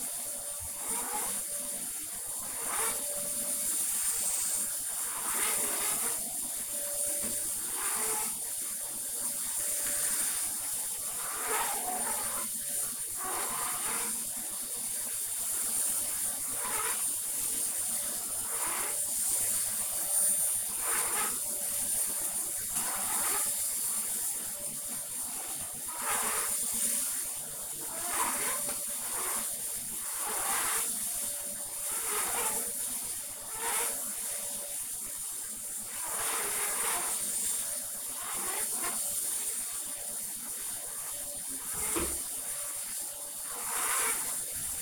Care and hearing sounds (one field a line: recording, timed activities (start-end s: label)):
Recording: household activities, microphone on the right wrist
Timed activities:
0.00-44.82 s: vacuum cleaning